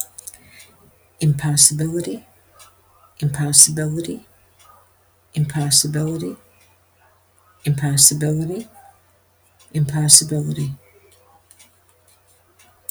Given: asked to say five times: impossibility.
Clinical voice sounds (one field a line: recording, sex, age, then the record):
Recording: repeated word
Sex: female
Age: 70 to 79 years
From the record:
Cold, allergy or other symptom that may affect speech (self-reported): no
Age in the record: 77 years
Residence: United States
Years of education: 12